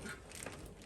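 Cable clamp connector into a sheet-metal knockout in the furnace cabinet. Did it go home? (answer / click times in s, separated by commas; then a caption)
no / none. A thermostat wire's cable clamp connector is handled as it is slid through a sheet-metal knockout hole in a furnace cabinet, producing only faint, steady rustling and handling noise with no sharp transients. Nothing has snapped in or seated yet.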